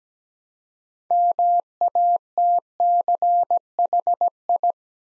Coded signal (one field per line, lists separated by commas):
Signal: Morse code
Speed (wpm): 17 wpm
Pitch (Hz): 700 Hz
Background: none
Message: MATCHI